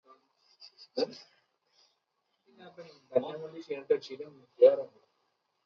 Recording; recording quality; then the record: shallow breathing; poor, much background noise or distortion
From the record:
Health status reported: recovered from COVID-19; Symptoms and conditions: cold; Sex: female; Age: 25 years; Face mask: worn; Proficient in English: yes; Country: India